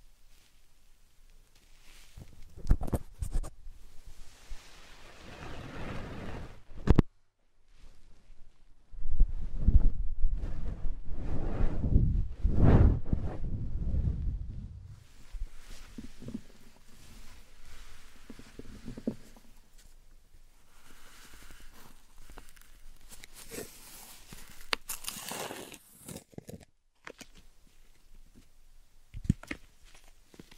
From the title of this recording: ASMR Satisfying Slime Sand Triggers